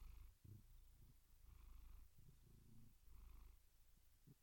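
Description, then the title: Domestic cat purr, a low continuous rumble rising and falling in breathing cycles, quiet throughout. Gentle, rhythmic purring. "Cat Meow Sounds"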